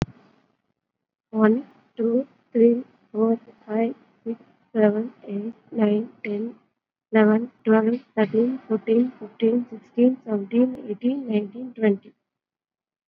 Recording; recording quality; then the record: counting at a fast pace; excellent, no background noise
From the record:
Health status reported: COVID-19 positive, moderate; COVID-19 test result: positive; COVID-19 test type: RT-PCR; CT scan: not taken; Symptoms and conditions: cough, fever, fatigue, muscle pain, another condition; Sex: female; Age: 35 years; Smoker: no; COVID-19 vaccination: none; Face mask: worn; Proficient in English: yes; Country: India